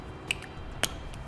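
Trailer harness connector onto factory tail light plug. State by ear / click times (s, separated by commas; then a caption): seated / 0.3 s, 0.8 s. A T-One vehicle wiring harness with a 4-pole flat trailer connector is being fitted to a 2013 Nissan Quest, and its plastic multi-pin connector is matched and pushed onto the factory plug taken off the tail light. Two sharp clicks sound at 0.3 s and 0.8 s, with fainter ticks in between and after. The connector clicks together and is seated.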